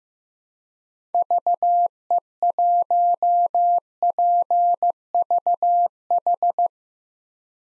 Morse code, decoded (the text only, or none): VE1PVH